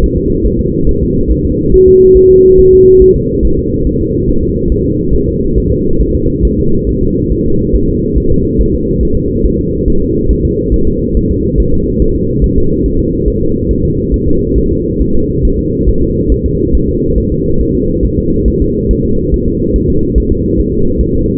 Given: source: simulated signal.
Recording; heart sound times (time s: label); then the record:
fetal heart sounds
0.04 s: S1
0.18 s: S2
0.47 s: S1
0.60 s: S2
0.89 s: S1
1.03 s: S2
1.31 s: S1
1.45 s: S2
1.74 s: S1
1.88 s: S2
2.17 s: S1
2.31 s: S2
2.60 s: S1
2.73 s: S2
3.02 s: S1
3.16 s: S2
3.45 s: S1
3.59 s: S2
3.87 s: S1
4.01 s: S2
4.29 s: S1
4.43 s: S2
4.72 s: S1
4.86 s: S2
5.14 s: S1
5.29 s: S2
5.58 s: S1
5.72 s: S2
6.01 s: S1
6.15 s: S2
6.45 s: S1
6.59 s: S2
6.89 s: S1
7.03 s: S2
7.33 s: S1
7.46 s: S2
7.76 s: S1
7.89 s: S2
8.18 s: S1
8.32 s: S2
8.61 s: S1
8.75 s: S2
9.03 s: S1
9.17 s: S2
9.46 s: S1
9.59 s: S2
9.88 s: S1
10.02 s: S2
10.31 s: S1
10.45 s: S2
10.74 s: S1
10.88 s: S2
11.17 s: S1
11.31 s: S2
11.60 s: S1
11.74 s: S2
12.02 s: S1
12.16 s: S2
12.44 s: S1
12.58 s: S2
12.86 s: S1
13.00 s: S2
13.28 s: S1
13.42 s: S2
13.71 s: S1
13.85 s: S2
14.14 s: S1
14.28 s: S2
14.58 s: S1
14.71 s: S2
15.01 s: S1
15.15 s: S2
15.45 s: S1
15.59 s: S2
15.89 s: S1
16.03 s: S2
16.32 s: S1
16.46 s: S2
16.75 s: S1
16.89 s: S2
17.18 s: S1
17.32 s: S2
17.61 s: S1
17.75 s: S2
18.05 s: S1
18.19 s: S2
18.48 s: S1
18.62 s: S2
18.91 s: S1
19.05 s: S2
19.34 s: S1
19.48 s: S2
19.76 s: S1
19.90 s: S2
20.18 s: S1
20.32 s: S2
20.59 s: S1
20.73 s: S2
21.01 s: S1
21.15 s: S2
From the record:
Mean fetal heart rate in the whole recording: 140 bpm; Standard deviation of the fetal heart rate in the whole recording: 2 bpm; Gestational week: 34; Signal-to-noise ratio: -16.4 dB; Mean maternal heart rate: 72 bpm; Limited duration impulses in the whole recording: present